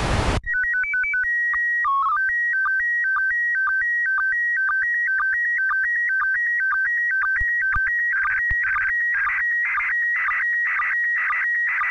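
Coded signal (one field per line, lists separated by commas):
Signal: SSTV (slow-scan television)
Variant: PD 120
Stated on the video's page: SSTV images transmitted from the International Space Station, received with SDR.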